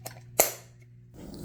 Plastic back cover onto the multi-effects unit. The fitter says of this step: pretty satisfying snap there the buttons fill pretty good